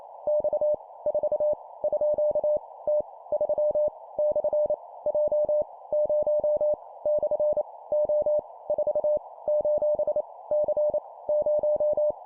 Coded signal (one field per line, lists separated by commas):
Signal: Morse code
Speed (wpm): 28 wpm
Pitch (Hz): 600 Hz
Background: none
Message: X 4 _ T 3 / J 0 / O 4 : C 0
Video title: 25wpm Random Letter Number Punctuation, improve morse code copy speed